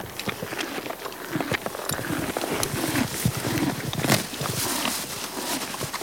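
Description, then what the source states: Horse grazing, with crisp crunching bites and tearing of grass at an uneven pace, some louder crunches near the middle. Horse eating grass.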